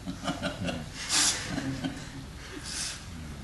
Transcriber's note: laughter